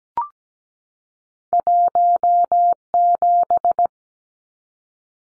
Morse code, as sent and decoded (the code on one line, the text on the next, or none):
.---- --...
17